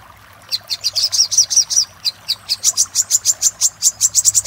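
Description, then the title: Little spiderhunter song: a run of high, ringing chip notes, with a short break partway through. Master recording used for training cage birds. "Masteran Burung Sogok Ontong Labaik"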